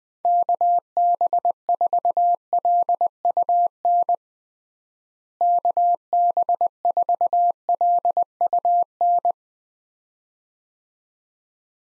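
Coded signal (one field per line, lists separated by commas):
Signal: Morse code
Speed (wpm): 20 wpm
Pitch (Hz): 700 Hz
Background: none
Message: KB4LUN KB4LUN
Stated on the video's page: Head-copy drill of US six-character call signs at 20 wpm, each sent twice before being spoken, then sent again.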